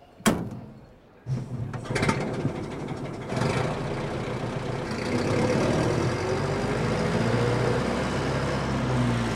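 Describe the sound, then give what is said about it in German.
A car engine idles with a steady, low rumbling drone, the car standing across the boulevard on the Place du Québec with its exhaust smoking and a woman in the driver's seat. A couple of sharp knocks come at the start, and then the engine settles into a continuous even hum. “Der Auspuff rauchte, hinter der Windschutzscheibe zeichnete sich dunkel ein Schemen ab, auf der Fahrerseite winkte ihn ein Frauenarm herbei.”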